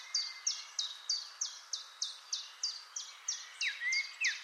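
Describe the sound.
Eurasian blackcap calls: short, hard, dropping notes repeated steadily about three times a second, with another bird's thin slurred whistles near the end.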